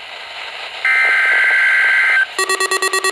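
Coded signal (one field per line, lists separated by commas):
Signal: Emergency Alert System (SAME) tones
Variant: header bursts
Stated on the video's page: Required weekly test from NOAA weather radio station KXI41.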